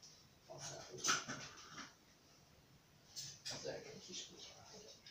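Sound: small dog whimpering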